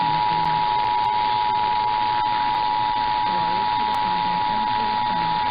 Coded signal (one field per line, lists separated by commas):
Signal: Emergency Alert System (SAME) tones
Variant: 853 and 960 Hz attention tone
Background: speech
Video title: Monthly and Weekly To End of 1st Half of the Year (EAS #11686-11700) 6/28/23